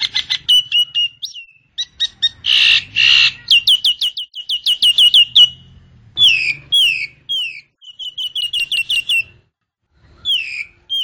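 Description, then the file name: Nias hill myna with loud whistled calls and rasping bursts, rapid strings of sharp falling notes, some harsh squawks between bright whistles. "suara jalak nias"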